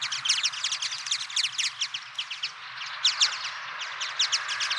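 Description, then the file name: Twite twittering as a dense, continuous stream of rapid high chattering notes, barely pausing, over a faint low background hum. "vinterhampling"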